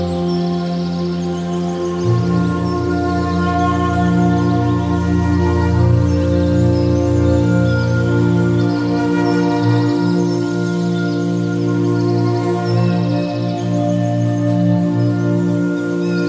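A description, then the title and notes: Soft flute music holds long, steady tones over a deep, sustained low drone, with the pitch shifting only slowly across the sixteen seconds. Faint bird chirps flicker high in the background, and the overall loudness stays even and calm throughout. Flute Music With Birds. This is some beautiful relaxing flute music to the background of a concert of birds.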